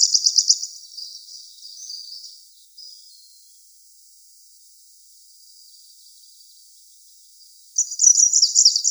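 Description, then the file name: Greenish warbler singing a hurried, high-pitched twittering phrase that fades into a thin trailing note, a long quiet pause, then another rapid twittering phrase begins. "Penochka zelenaja"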